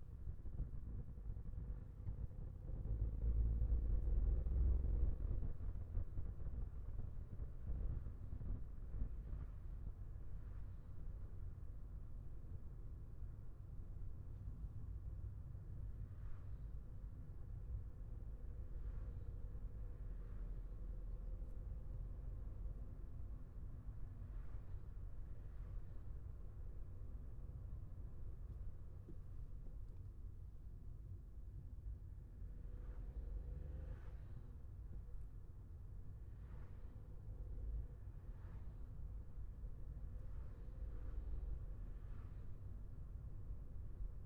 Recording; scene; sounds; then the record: everyday scene through a hearing-aid microphone; in a vehicle; engine, traffic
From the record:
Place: Skoda Fabia, gasoline engine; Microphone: behind the ear, left, rear